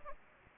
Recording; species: mosquito wingbeat signal from an infrared sensor; Anopheles gambiae